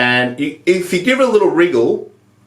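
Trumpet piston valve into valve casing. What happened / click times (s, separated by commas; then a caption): The part is being handled but has not clicked into place / none. An oiled number 1 trumpet piston valve is placed back into its valve casing with its number facing the mouthpiece and given a little wriggle so its plastic guide tips can find their slots. Someone talks throughout, and the sound fades to quiet near the end. Nothing has seated or clicked into place yet.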